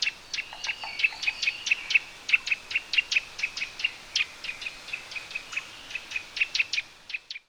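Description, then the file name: Eurasian nuthatch repeating bright, piping notes in a fast, slightly uneven series for about seven seconds, ending abruptly. "Sitta europaea"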